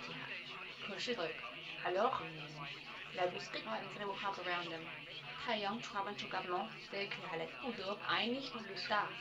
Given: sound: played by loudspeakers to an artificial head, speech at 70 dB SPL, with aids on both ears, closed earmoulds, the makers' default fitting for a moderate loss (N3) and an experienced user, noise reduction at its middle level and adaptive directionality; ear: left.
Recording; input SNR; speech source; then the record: speech test signal (ISTS) in cocktail-party noise; +9 dB; on the right (90 degrees)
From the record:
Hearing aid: class 1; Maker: F